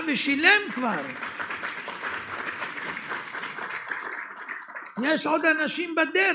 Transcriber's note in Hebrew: מחיאות כפיים